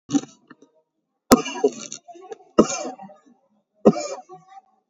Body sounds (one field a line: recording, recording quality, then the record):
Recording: heavy voluntary cough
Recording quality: excellent, no background noise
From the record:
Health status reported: COVID-19 positive, moderate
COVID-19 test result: positive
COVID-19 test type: RT-PCR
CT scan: taken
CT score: 13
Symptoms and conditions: cough, cold, breathing difficulty, sore throat, fatigue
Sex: male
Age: 48 years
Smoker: no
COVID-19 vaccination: none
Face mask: worn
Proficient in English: yes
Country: India